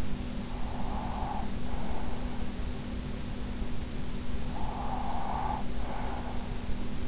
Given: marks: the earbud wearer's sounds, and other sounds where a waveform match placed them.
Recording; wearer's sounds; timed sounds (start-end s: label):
sounds in sleep by an in-ear microphone; breath
0.07-2.79 s: breath
4.02-7.08 s: breath